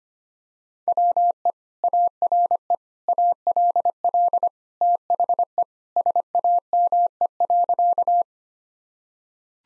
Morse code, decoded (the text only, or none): WE ARE ALL THE SAME.